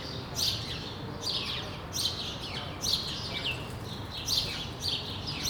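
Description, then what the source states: Sparrow giving loud chirps in bunches roughly every second, against a steady low hum. Sparrows on Rue de l'épargne, Brussels, Belgium, recorded on World Sparrow Day with Lom mikroUši AB microphones into a Deity PR-2 recorder.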